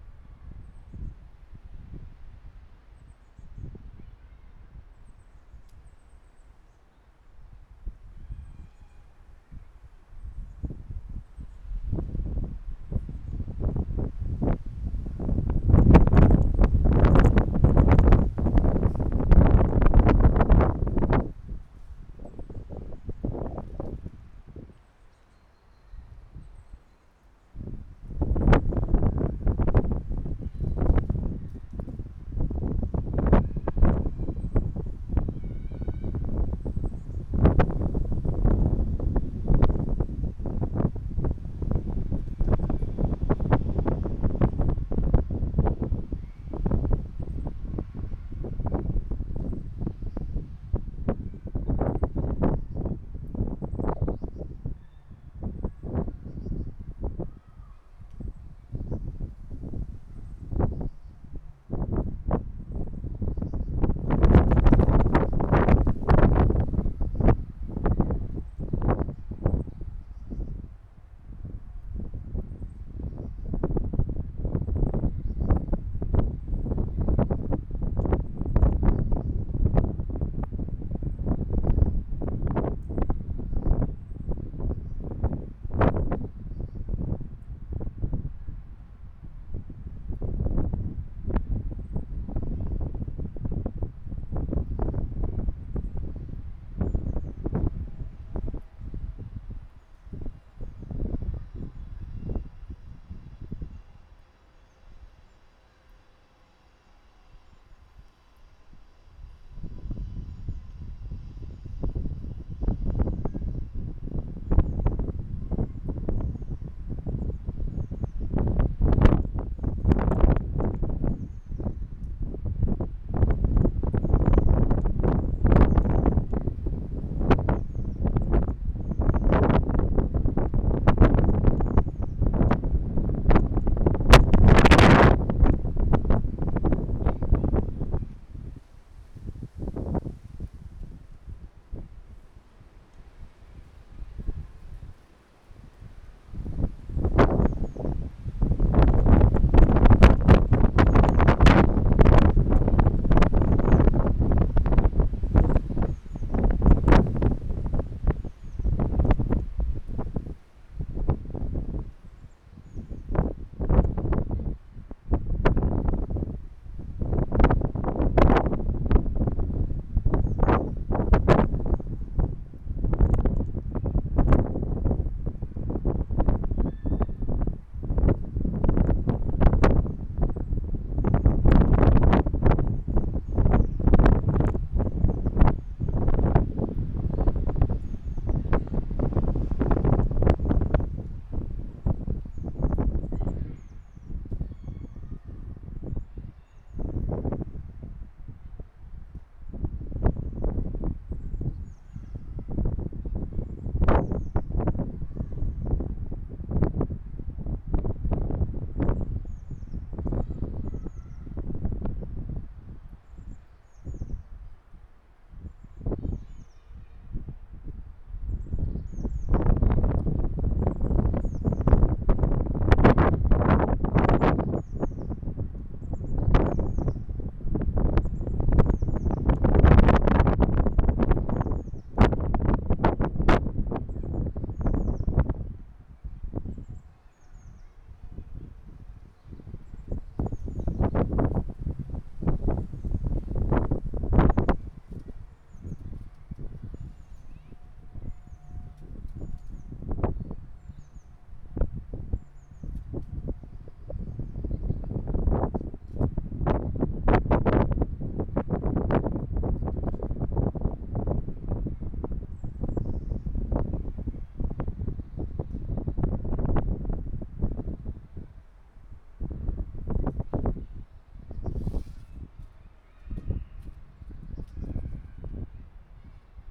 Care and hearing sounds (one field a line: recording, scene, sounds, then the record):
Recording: everyday scene through a hearing-aid microphone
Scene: wind on the microphone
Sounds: squally wind, voices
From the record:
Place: parking lot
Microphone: behind the ear, right, rear